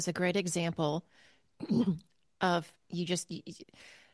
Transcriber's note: clears throat